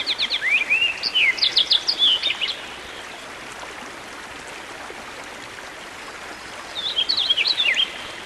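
Songbird song: a quick phrase of trilled and whistled notes, then a long quiet gap with steady hiss, then a shorter similar phrase near the end.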